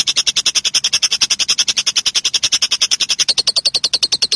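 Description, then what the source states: Lovebird chattering in a fast, steady run of shrill, rasping notes, evenly spaced and unbroken for the whole stretch. Song style called konslet.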